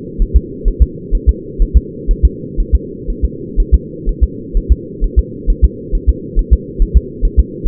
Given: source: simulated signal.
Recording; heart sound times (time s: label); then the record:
fetal heart sounds
0.22 s: S1
0.36 s: S2
0.68 s: S1
0.82 s: S2
1.15 s: S1
1.29 s: S2
1.62 s: S1
1.77 s: S2
2.11 s: S1
2.25 s: S2
2.60 s: S1
2.75 s: S2
3.10 s: S1
3.25 s: S2
3.60 s: S1
3.74 s: S2
4.09 s: S1
4.23 s: S2
4.57 s: S1
4.72 s: S2
5.04 s: S1
5.19 s: S2
5.50 s: S1
5.65 s: S2
5.95 s: S1
6.09 s: S2
6.39 s: S1
6.53 s: S2
6.82 s: S1
6.97 s: S2
7.25 s: S1
7.39 s: S2
7.68 s: S1
From the record:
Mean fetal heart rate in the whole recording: 130 bpm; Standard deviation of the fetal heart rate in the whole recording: 4 bpm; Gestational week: 38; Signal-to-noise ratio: -4.1 dB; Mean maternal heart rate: no maternal heart sound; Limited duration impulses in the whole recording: absent